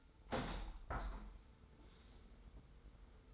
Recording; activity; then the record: daily activity, microphone in the room; open window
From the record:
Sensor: 3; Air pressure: 990.3 hPa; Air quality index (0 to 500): 187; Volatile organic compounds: 1000 ppm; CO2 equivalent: 6095 ppm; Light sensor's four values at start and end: 33/77/31/29 and 33/77/31/29